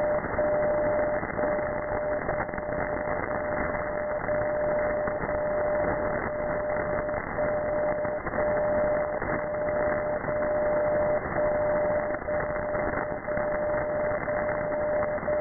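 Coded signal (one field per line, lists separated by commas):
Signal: radio time signal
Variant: DCF77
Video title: 77 5 kHz DCF77 Jan 20,2020 1944 UTC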